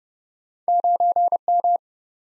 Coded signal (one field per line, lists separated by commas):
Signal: Morse code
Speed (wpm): 30 wpm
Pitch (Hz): 700 Hz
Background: none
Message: 9M